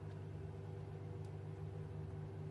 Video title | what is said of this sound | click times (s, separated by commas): Torque wrench fault | Now that should be clicking. | none